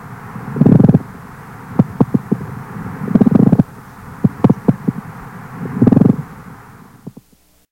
When the surface is thickened by fibrin deposits or coarsened by inflammatory neoplastic cells the sliding motion is impeded by frictional resistance. The sound produced, the pleural friction rub, resembles the sound of leather sliding on leather.